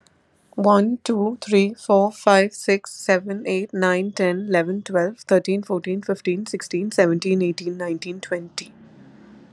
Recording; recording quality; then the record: counting at a fast pace; excellent, no background noise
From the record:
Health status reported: recovered from COVID-19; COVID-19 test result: negative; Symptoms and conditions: breathing difficulty, sore throat, fatigue, loss of smell and taste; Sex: female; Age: 30 years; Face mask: not worn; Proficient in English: yes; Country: India